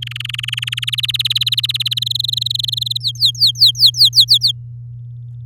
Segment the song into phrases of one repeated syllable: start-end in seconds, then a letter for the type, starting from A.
0.02-0.85 A, 0.87-1.99 B, 2.01-2.98 C, 3.00-4.51 D